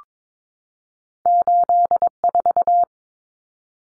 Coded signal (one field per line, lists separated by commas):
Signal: Morse code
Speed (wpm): 22 wpm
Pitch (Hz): 700 Hz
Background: none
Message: 84